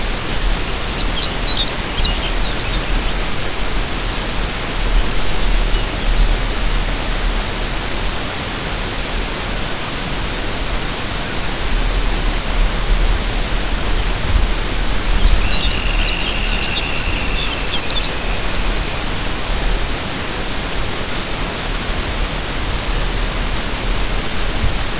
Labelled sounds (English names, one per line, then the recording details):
Lapland Longspur
unidentified sound
Dunlin
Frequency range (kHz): Lapland Longspur 2.0-5.9 kHz; Dunlin 2.0-3.5 kHz
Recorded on Arctic tundra, site UTQI-5, on 25 June 2018
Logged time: 10:00